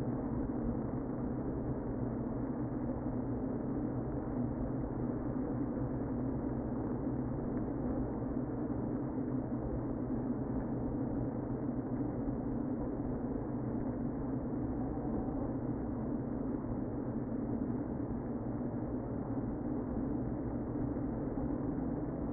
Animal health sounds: honeybee colony, microphone inside the hive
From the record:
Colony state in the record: queen present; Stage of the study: before two queens were removed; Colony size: about 60,000 bees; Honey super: yes

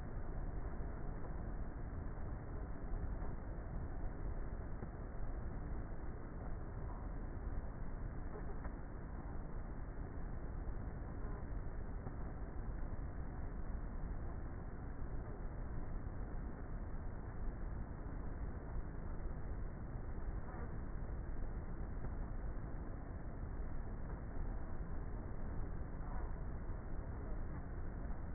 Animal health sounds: honeybee colony, microphone inside the hive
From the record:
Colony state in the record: queenless with a low population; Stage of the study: before two queens were removed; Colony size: about 30,000 bees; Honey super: no

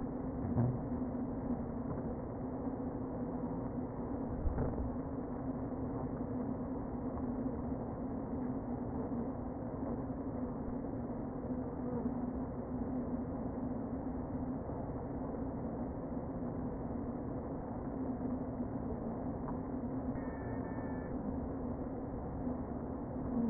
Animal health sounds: honeybee colony, microphone inside the hive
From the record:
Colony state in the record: queen present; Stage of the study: before two queens were removed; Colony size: about 60,000 bees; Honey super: yes

